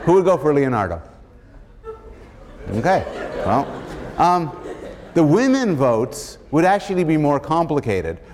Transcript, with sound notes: Who would go for Leonardo? Okay. [laughter] Well, the women votes would actually be more complicated.